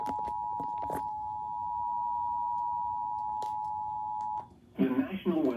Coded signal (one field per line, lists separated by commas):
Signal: Emergency Alert System (SAME) tones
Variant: 853 and 960 Hz attention tone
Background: speech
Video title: CRAZY DAY! EAS Alert Compilation from 9/6/25